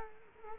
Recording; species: mosquito wingbeat signal from an infrared sensor; Culex quinquefasciatus